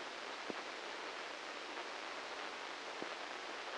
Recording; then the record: brain microelectrode recording played as sound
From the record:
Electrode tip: inside the subthalamic nucleus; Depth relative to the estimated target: -2 mm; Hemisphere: left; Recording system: NeuroSet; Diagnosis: Parkinson's disease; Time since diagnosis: 15 years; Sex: male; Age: 65 years